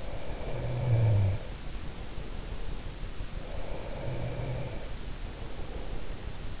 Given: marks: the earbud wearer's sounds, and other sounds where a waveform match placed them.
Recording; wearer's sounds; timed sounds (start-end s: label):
sounds in sleep by an in-ear microphone; snoring breath, breath
0.17-2.92 s: snoring breath
3.87-6.60 s: breath